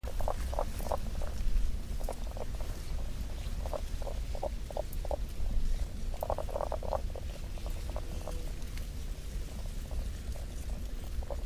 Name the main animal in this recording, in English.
Common Spadefoot